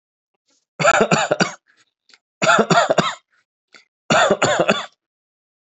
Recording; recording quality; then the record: shallow voluntary cough; excellent, no background noise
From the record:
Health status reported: healthy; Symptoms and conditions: cough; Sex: male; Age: 32 years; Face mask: not worn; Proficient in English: yes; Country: United States